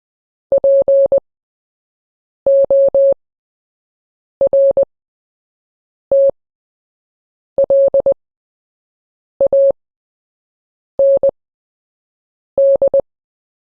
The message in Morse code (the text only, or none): PORTLAND